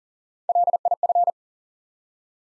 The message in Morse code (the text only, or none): LIF